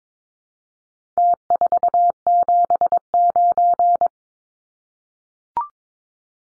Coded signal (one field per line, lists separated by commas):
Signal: Morse code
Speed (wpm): 22 wpm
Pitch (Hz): 700 Hz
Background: none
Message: T479